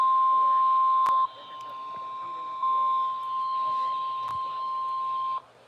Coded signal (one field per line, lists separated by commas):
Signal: Emergency Alert System (SAME) tones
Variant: 1050 Hz attention tone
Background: speech